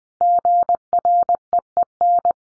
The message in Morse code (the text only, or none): GREEN